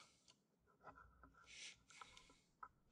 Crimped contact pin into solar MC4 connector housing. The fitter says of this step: You're going to hear a click. Right like that. Now you're in.